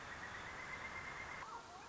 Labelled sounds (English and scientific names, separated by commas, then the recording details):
Pileated Woodpecker (Dryocopus pileatus)
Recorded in Sonoma County, California